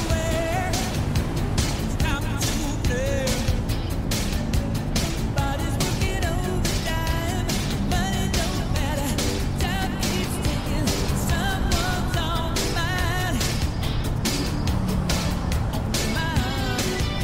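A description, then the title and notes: A steady low rumble of a moving car fills the whole stretch, with a dense crackling hiss over it from the radio. Short clicks and bursts come thickly and irregularly throughout, and faint wavering tones drift through the middle, while the overall loudness stays even. An 80s Summer Drive.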